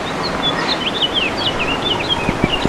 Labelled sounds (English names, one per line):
House Finch song